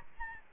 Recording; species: mosquito wingbeat signal from an infrared sensor; Aedes albopictus